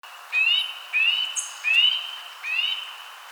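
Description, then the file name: Eurasian nuthatch calls: four clear, rising whistled notes, each with a short upward slur, given roughly every 0.7 seconds over a quiet background hiss. "Sitta europaea"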